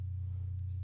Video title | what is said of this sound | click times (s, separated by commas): دورة صيانة اللاب توب الفاصيل الدقيقة 19 ScreenBackCoverReplacement DellInspiron1521 HD | the bottom there patches the inverter snaps right in there's only one way to go in easy connector and then plug | 0.6 s